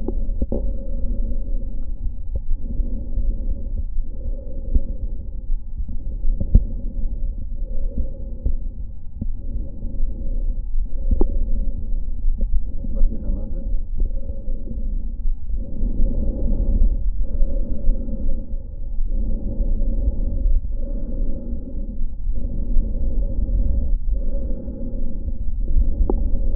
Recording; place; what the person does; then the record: lung sounds by stethoscope; right anterior apical chest; quiet breathing, then deep breathing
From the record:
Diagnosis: none (healthy); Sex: male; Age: 60 years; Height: 190 cm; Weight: 150 kg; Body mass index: 41.6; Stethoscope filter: diaphragm mode